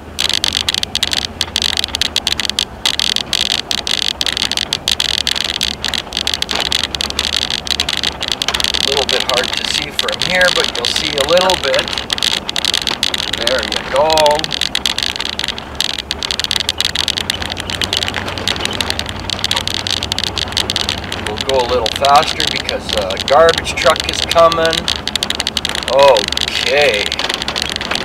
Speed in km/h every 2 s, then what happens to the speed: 33, 32, 32, 33, 33, 32, 32, 31, 33, 36, 39, 40, 38, 32.
0-14 steady at about 32. 14-23 speeds up to 40. 23-28 slows to 32.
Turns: none.